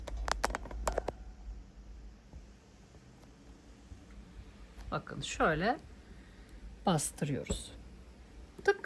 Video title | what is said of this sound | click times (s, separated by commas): Işıltılı Gece Çantası Yapıyoruz🌟Çok Zarif Ve Kolay Bir Model | It makes a click and it tightens there. | 8.7 s